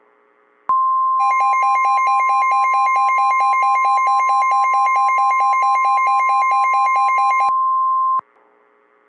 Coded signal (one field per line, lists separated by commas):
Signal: Emergency Alert System (SAME) tones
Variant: 1050 Hz attention tone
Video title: "MIDWEST MADNESS" - An EAS Scenario